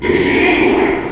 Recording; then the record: squeal of a Yucatan mini pig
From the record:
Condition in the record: after surgery on the right vocal fold (resection and tissue-engineered implant); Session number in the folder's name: 2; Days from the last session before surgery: 13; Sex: male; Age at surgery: 12 weeks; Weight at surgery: 13 kg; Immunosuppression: cyclosporine, prednisolone